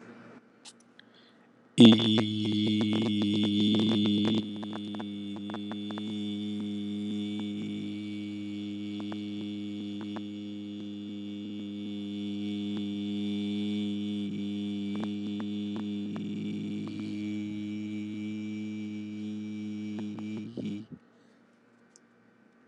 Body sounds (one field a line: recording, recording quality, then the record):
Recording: sustained vowel as in beet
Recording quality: excellent, no background noise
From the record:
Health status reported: healthy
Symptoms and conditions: diabetes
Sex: male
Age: 42 years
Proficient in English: yes